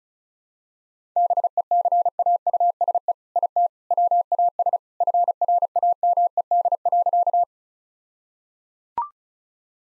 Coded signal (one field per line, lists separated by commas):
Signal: Morse code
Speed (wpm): 34 wpm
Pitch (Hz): 700 Hz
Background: none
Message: BECAUSE IT WAS FRAMED.